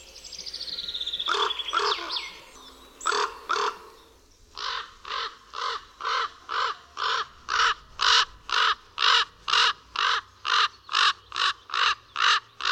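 Common raven rasping calls; a few calls and a descending whistled sound early on, then a steady series of harsh calls about twice per second.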